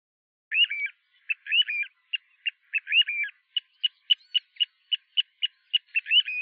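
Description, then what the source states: Little Ringed Plover calls, high thin whistled notes, some slurred and falling, others short clipped pips, repeated rapidly in a steady series with no background noise. Noisy plovers returning from Africa in March; often heard before seen; found on building sites, gravel roofs and large car parks.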